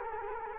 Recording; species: mosquito wingbeat signal from an infrared sensor; Culex quinquefasciatus